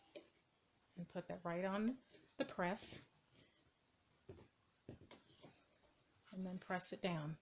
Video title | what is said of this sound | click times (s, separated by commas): Christmas Apron | that right under there and you'll hear the click there | 0.2 s